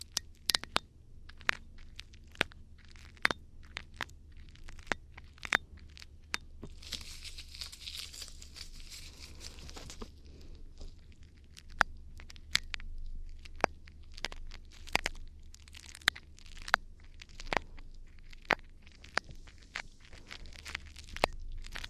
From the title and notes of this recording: ASMR Ear Cleaning For Deep Relaxation & Tingles [ NO TALKING ].